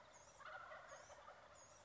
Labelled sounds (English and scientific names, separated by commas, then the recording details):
Wild Turkey (Meleagris gallopavo)
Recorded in Sonoma County, California